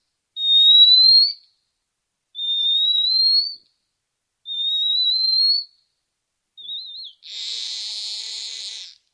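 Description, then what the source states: Marmoset monkey calls: three long high whistled notes rising slightly, a brief wavering note, then a broad noisy burst. Infant on its first day after birth, producing many different sounds at once, some noisy and some like true marmoset calls, in a babbling-like sequence.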